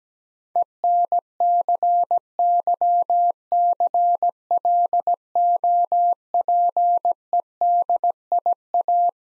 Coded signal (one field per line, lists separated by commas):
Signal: Morse code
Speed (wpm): 17 wpm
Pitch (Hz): 700 Hz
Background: none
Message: ENCYCLOPEDIA